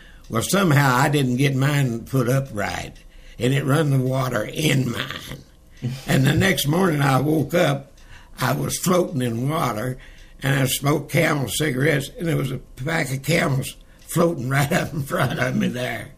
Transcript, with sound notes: Well somehow, I didn’t get mine put up right and it run the water in mine [chuckles] and the next morning I woke up, I was floating in water and I smoked Camel cigarettes and there was a pack of Camels floating [Chuckling] right up in front of me there.